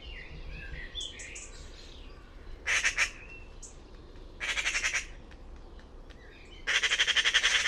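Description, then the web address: Bird giving three rasping squawk bursts spaced about two seconds apart, over soft chirping. "Bird Only More Classes Pi Pi Pi Pi"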